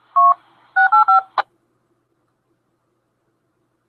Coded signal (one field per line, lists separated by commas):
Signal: DTMF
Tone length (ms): 130 ms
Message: 685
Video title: News and Net Hawaii Ham Radio Kailua Kona